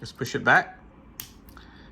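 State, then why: Seated. Someone talks, then pushes the purple plastic locking pin back into the airbag connector housing on an Audi B9/C8 after the terminal is inserted during a decoder installation. A sharp snap is heard at 1.2 s, followed by faint, quieter ticks. The locking pin is seated and locked.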